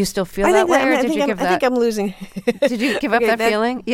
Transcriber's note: laughter